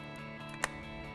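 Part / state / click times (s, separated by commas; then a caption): phone display assembly into phone frame / seated / 0.6 s. An iPhone 6/6+ display assembly is pressed down further into the phone frame, giving a second sharp snap at 0.64 s over steady background music. The screen is seated home, ready for the two pentalobe screws to go in.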